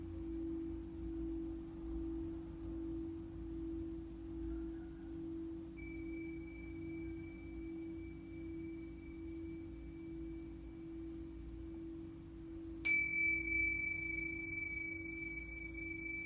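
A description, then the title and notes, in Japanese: Singing bowls ring: a low, steady hum sustains throughout while a higher bowl tone enters near six seconds and lingers. Around thirteen seconds a bowl is struck, giving a bright metallic ping that settles into a long, even ring. シンギングボウルサウンドヒーリング。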